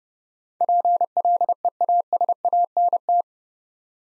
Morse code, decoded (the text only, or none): PLEASANT